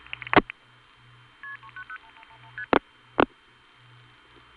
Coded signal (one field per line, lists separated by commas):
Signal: multi-frequency trunk signalling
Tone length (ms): 80 ms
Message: KP390 ST